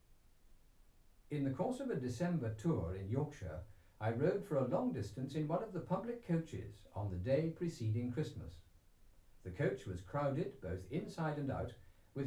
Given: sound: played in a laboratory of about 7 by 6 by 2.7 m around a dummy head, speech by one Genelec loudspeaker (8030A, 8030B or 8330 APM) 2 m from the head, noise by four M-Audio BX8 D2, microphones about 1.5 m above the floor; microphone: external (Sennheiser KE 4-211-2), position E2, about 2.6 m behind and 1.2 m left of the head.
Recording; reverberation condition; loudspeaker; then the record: male speech in English; low; 120 degrees to the right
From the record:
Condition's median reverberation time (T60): about 310 ms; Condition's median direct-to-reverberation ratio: about 3.5 dB